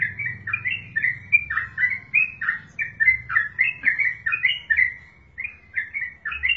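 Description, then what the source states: Yellow-vented bulbul chattering calls, bubbly clipped notes tumbling over one another in a rapid run with a few short pauses, over a faint low hum. Wild bird, locally called trucukan.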